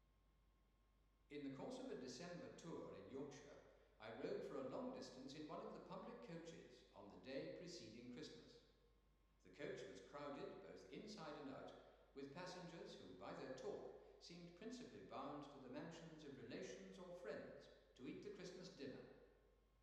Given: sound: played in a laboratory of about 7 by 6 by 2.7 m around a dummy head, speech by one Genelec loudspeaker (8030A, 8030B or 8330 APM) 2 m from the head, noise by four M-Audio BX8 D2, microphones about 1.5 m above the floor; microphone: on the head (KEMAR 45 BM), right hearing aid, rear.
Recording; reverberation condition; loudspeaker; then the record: male speech in English; high; 150 degrees to the right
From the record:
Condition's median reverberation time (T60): about 1300 ms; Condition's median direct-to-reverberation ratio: about -4.0 dB